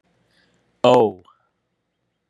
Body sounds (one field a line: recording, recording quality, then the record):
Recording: sustained vowel as in boot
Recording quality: excellent, no background noise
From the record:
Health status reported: respiratory illness, not identified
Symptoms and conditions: asthma, hypertension, diabetes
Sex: male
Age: 59 years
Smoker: not ticked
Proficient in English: yes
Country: United States